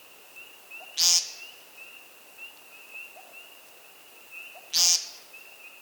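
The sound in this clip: American woodcock calling with two harsh, buzzy nasal notes about four seconds apart, against a constant thin high tone and soft background chirps.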